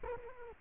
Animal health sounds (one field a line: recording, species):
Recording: mosquito wingbeat signal from an infrared sensor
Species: Culex quinquefasciatus